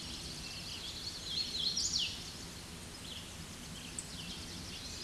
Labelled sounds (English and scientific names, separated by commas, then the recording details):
Hooded Warbler (Setophaga citrina) song
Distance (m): 10 m
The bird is about 5 m above the microphone
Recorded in a Pennsylvania forest on 16 May 2024 at 07:50
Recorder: AudioMoth, point MSD-2181
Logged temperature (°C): 12.8 °C
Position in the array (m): 155 m, 118 m